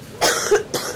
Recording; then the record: coughing mixed with background sound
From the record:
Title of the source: 30 Chesty and wet cough